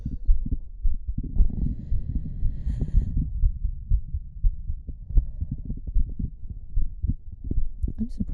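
Repeated low, muffled thumps of an adult woman's heartbeat come through a stethoscope on the chest, fairly quick and steady. A really deep breath rushes in over the first few seconds, then the beats stand out more plainly against low rumble and handling noise.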